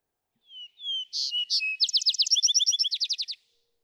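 Vesper sparrow singing: two soft whistles open the phrase, buzzy notes follow, then quick downslurred notes repeated into a long, rapid trill that ends abruptly.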